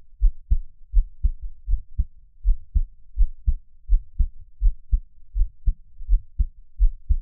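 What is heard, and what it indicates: Soft, low thuds arrive in steady lub-dub pairs at about 82 beats a minute, with a slightly uneven rhythm, heard up close as a Taiwanese ASMR heartbeat. There is no talking, only a faint low hum behind the beats. This is an ordinary adult heartbeat.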